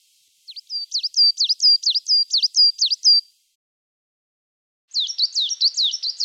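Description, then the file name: Coal tit singing a quick run of high, repeated two-syllable notes for about three seconds, then after a short silence another phrase of the same pattern. "blv 1999 tannenmeise"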